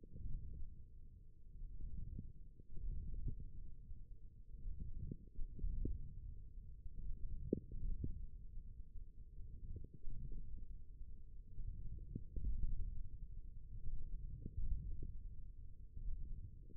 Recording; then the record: forearm muscle sounds (acoustic myography)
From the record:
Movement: forearm pronation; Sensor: system 1, eight BSWA MPA416 microphones around the upper forearm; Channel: 4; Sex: male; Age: 28 years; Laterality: right